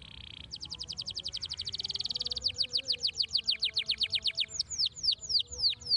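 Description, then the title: Belgian canary song: a steady flat whistled note, then a rapid high trill that coarsens into loud repeated downslurred notes. Belgian canary song played to warm up young canaries and make them active and singing. "Canto Para Esquentar Canário Belga. RANGSANGAN SUARA BURUNG KENARI GACOR - BIKIN KENARI MUDA JADI AKTIF BUNYI DAN BERKICAU"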